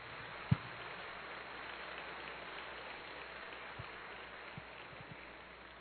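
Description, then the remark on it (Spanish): A church audience in Mexico applauds in a steady, dense wash of clapping that holds evenly for several seconds, with a few sharper individual claps or thumps popping out above it. No one speaks. “Si quiere aplaudir, aplauda, Señor.”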